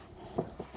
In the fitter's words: let that be my starting point in here and then these will click in very simply like this